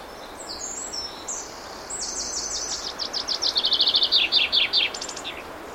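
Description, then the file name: Common chaffinch song: a run of bright, descending notes speeding into a rattling trill. "Fringilla coelebs"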